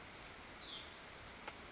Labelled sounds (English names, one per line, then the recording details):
Hutton's Vireo
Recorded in Sonoma County, California